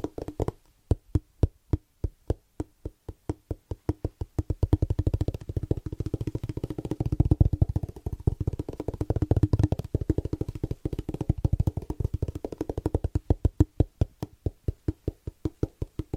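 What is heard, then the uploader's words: Fast, rhythmic tapping runs the whole way through as sharp, crisp strikes in a steady pulse. The taps grow denser and blur together from about four to thirteen seconds, with a fuller, lower thud underneath, then thin back out into distinct, evenly spaced hits. ASMR Pure Fast & Rhythmic Tapping (No Talking).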